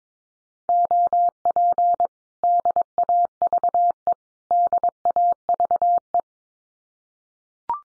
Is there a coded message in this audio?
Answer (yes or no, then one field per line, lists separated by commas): yes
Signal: Morse code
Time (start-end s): 0.7-6.2 s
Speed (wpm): 22 wpm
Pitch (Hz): 700 Hz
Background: none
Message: OP DAVE DAVE